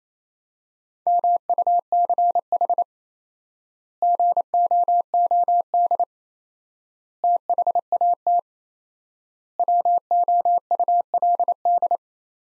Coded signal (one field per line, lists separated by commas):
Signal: Morse code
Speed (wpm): 27 wpm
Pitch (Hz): 700 Hz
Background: none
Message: MUCH GOOD THAT WOULD